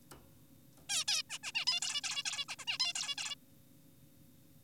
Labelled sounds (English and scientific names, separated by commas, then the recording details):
Zebra Finch (Taeniopygia guttata)
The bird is an adult
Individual g4p5U